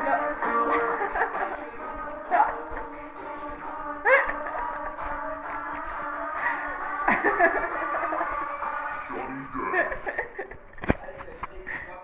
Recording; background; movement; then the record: laughter; music; walking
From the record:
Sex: female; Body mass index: 18.3 kg/m2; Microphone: on the chest, facing the body